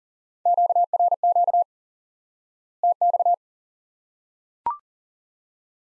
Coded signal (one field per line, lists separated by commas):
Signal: Morse code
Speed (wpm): 40 wpm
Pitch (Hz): 700 Hz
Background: none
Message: QRQ TX